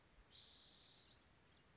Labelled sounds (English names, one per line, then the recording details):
Spotted Towhee
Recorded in Sonoma County, California